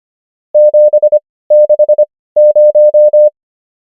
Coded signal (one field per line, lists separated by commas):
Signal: Morse code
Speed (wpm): 25 wpm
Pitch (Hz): 600 Hz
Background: none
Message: 760